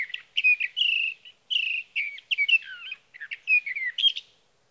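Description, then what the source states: Sage thrasher song with rich, scratchy warbled phrases broken by short gaps, notes sliding up and down, some sharp higher accents; quiet background otherwise. Male singing through the night near his night roost, evening of June 12 to morning of June 15, 2018, Sierra Valley, California; night song, recorded with a Swift recorder.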